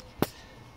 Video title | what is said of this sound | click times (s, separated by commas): Mercedes-Benz W123 spark plug change | take your lead push it back on until you hear at least solid click | 0.2 s